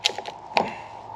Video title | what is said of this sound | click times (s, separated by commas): Mercedes ML550 W164 W204 W251 C300 ML320 CL550 Fog Lamp Replacement DIY | See, that one's popped. | 0.1 s, 0.6 s